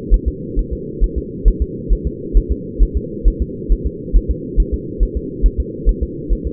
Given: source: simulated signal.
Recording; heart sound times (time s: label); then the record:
fetal heart sounds
0.14 s: S1
0.28 s: S2
0.59 s: S1
0.73 s: S2
1.04 s: S1
1.18 s: S2
1.48 s: S1
1.62 s: S2
1.92 s: S1
2.07 s: S2
2.37 s: S1
2.52 s: S2
2.83 s: S1
2.97 s: S2
3.28 s: S1
3.42 s: S2
3.72 s: S1
3.87 s: S2
4.16 s: S1
4.31 s: S2
4.60 s: S1
4.74 s: S2
5.03 s: S1
5.17 s: S2
5.46 s: S1
5.60 s: S2
5.89 s: S1
6.03 s: S2
6.33 s: S1
6.47 s: S2
From the record:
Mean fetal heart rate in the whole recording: 135 bpm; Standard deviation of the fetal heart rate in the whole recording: 3 bpm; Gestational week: 36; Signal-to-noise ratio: -4.1 dB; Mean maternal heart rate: no maternal heart sound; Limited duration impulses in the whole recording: absent